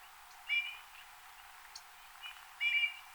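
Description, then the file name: Eurasian bullfinch calls: two mellow piping whistles with a few quieter notes between them. "Pyrrhula pyrrhula"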